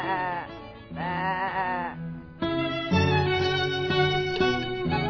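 A sheep bleats in long, wavering, nasal cries, two drawn-out calls first, then a louder, fuller stretch of sound that carries on to the end.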